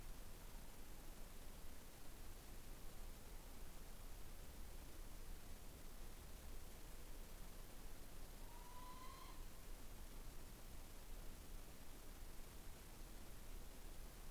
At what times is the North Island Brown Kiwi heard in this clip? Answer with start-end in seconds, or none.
none